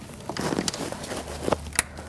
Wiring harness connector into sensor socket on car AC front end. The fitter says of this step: Hear the click. Lock it in place.